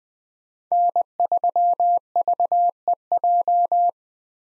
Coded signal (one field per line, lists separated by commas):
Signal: Morse code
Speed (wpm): 21 wpm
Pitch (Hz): 700 Hz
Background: none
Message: N3VEJ